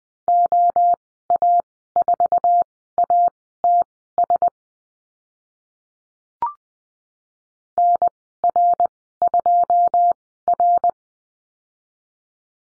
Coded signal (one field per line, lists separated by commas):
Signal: Morse code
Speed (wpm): 20 wpm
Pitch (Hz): 700 Hz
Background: none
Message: OA4ATS NR2R